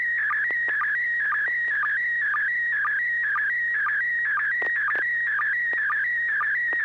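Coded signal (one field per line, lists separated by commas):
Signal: SSTV (slow-scan television)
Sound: warbling tone shifting around 1.5-2.3 kHz with regular short low sync blips, occasional clicks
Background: low hum, radio clicks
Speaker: at least one building maybe two side by side with two different uh uh geez i can't name the architecture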